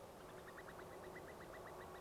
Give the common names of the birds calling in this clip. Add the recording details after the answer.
Common Cuckoo. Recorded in France